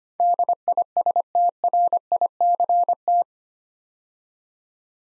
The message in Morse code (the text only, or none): DISTRICT